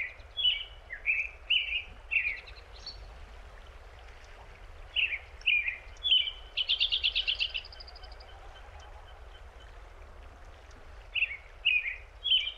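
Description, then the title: American robin song of clear, caroling whistled phrases in quick runs separated by long pauses, with a rapid high trill midway and faint background hiss. Field recording by Jacob Job in Big Thompson Canyon, Rocky Mountain National Park, Colorado, near the birthplace of the Colorado River. "Robin's Home Song (Big Thompson Canyon, Colorado)"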